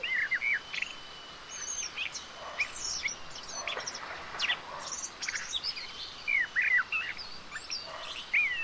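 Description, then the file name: Common blackbird song: repeated fluty, warbling phrases, some ending in high squeaky twitters, with short pauses between them and a steady faint background hiss. "Turdus merula"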